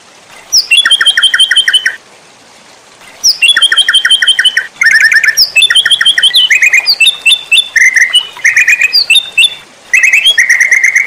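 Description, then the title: White-rumped shama singing phrases of stacked whistled notes and rapid trills, separated by pauses. Masteran training recording for cage birds, titled Labaik. "MURAI BATU LABAIK"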